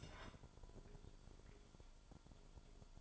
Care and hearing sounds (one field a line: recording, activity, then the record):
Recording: daily activity, microphone in the room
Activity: take from stove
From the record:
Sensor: 5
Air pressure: 1008.1 hPa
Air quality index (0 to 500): 112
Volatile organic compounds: 1 ppm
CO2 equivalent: 869 ppm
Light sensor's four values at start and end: 28/60/25/25 and 27/60/25/25